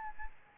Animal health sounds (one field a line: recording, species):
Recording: mosquito wingbeat signal from an infrared sensor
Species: Aedes albopictus